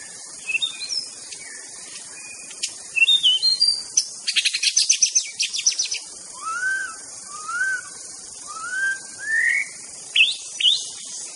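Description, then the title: White-rumped shama delivering varied song: high twittering, a rapid rattling burst, then several mellow slurred whistles, over a steady insect drone. Wild bird singing in forest; natural, original song. "Kicau Asli Murai Batu Hutan"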